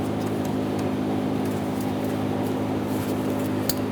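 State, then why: Seated. The second plastic electrical connector is pushed home onto the fuel pump module during a fuel pump assembly replacement on a 2015-2020 Ford F-150, over a steady low hum. A sharp click at 3.7 s shows the connector has seated, and it is then given a light tug to confirm.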